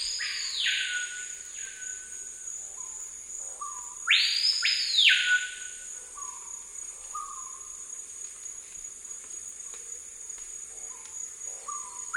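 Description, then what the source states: Screaming piha calling: loud whip-like whistles that sweep steeply up and drop, separated by soft level whistled notes, with constant shrill insects in the background. South America, eastern lowlands.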